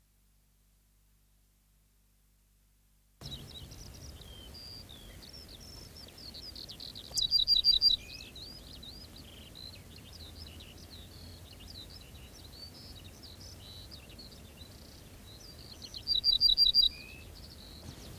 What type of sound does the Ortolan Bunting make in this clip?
song